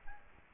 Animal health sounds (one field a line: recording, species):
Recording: mosquito wingbeat signal from an infrared sensor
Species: Aedes aegypti